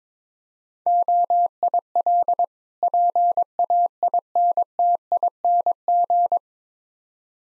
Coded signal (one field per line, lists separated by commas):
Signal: Morse code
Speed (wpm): 22 wpm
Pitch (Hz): 700 Hz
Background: none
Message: OIL PAINTING